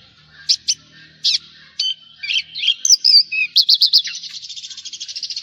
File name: suara burung branjangan jawa